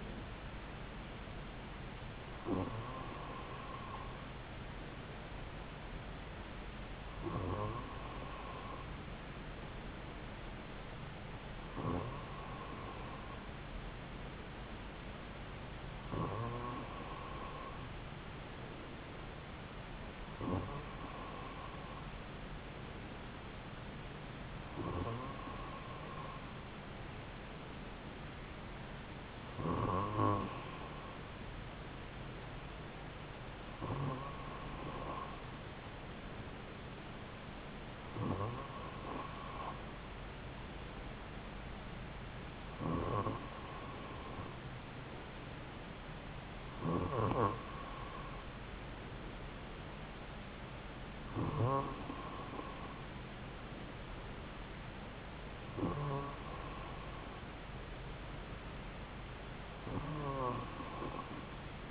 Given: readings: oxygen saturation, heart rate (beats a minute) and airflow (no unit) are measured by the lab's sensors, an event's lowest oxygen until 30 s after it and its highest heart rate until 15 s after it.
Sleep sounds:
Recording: breathing in sleep by a voice recorder at the bedside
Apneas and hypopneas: none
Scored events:
none scored
From the record:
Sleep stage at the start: N2 (light sleep)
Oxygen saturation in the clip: 94%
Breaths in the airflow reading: 14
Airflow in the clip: -2.8 to 2.3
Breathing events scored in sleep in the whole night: 270 in 6.1 hours asleep

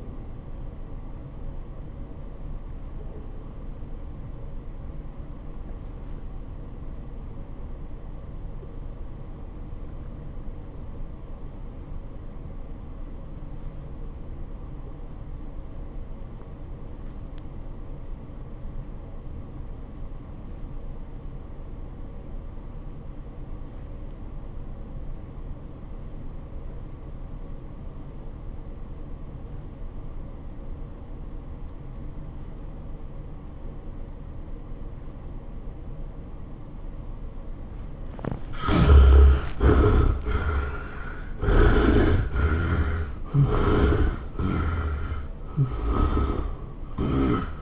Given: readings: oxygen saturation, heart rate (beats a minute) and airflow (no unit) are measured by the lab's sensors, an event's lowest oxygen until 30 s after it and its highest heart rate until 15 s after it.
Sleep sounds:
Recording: breathing in sleep by a smartphone at the bedside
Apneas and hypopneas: 1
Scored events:
11.00-39.70 s: obstructive apnea (REM, oxygen 94% highest, then 62% lowest, heart rate 80 at the start, 118 highest)
From the record:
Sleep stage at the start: REM sleep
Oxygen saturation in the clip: 65 to 94%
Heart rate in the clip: 57 to 118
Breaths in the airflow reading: 4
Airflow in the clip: -16.2 to 10.6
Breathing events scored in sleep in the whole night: 403 in 5.5 hours asleep

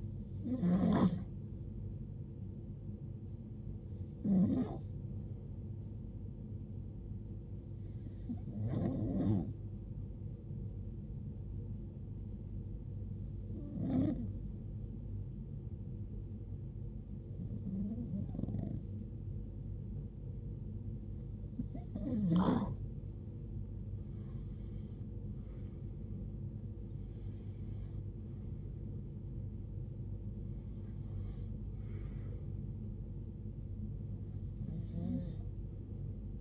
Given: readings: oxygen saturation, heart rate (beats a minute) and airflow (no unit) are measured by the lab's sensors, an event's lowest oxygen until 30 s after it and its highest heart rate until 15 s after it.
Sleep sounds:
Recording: breathing in sleep by a smartphone at the bedside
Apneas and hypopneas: none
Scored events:
none scored
From the record:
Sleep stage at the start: REM sleep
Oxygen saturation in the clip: 93 to 95%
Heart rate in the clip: 69 to 81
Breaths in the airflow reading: 9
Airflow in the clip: -14.7 to 16.0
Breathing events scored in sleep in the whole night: 389 in 6.3 hours asleep

